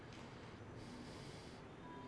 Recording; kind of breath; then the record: one breath in and out by a microphone near the nose and mouth; normal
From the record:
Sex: male